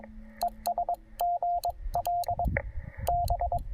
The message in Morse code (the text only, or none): ESGL B